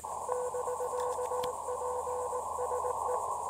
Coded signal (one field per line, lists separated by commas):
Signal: Morse code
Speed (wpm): 19 wpm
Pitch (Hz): 500 Hz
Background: none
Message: <BK>PSE